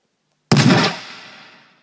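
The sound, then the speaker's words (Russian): A single sniper rifle shot rings out after a brief silence, a sharp, loud crack followed by a long, rumbling decay that fades over about a second, with no voices. “Шлем заглушил звук выстрела и отдачу компенсировала скорлупа.”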